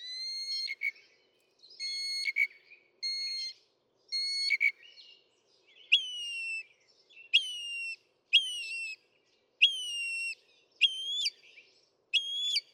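Northern mockingbird song: a clear whistled note repeated a few times, then a switch to a different slurred whistled phrase repeated several times.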